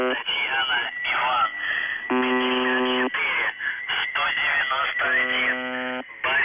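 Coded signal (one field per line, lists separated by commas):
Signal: channel marker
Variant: UVB-76, The Buzzer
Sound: two harsh, low, roughly one-second buzzes over garbled radio voice and static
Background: radio static, voice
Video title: [UVB-76, The Buzzer] Voice Message (but the marker doesn't stop); 11. January 2021, 12:45 UTC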